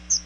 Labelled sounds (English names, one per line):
Chestnut-sided Warbler flight call